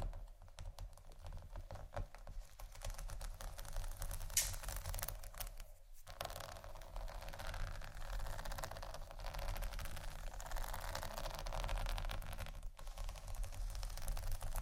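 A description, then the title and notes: Scratching and tapping go on almost without a break, a dense run of small dry clicks and rasping strokes that sounds a lot like typing. A steady low rumble sits underneath throughout, and the activity drops out briefly just before six seconds and again near thirteen. ASMR Scratching & Tapping For Sleep（No Talking）.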